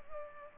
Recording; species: mosquito wingbeat signal from an infrared sensor; Culex pipiens